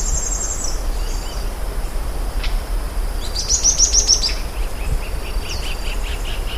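Bird calls: scattered high chirps and a quick high trill, then a row of short chirps, over a steady low rumble.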